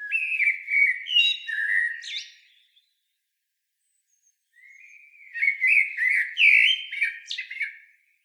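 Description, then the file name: Eurasian blackbird singing two phrases, each a low mellow fluty warble ending in high squeaky twittering, separated by a pause of about two seconds. "Turdus merula"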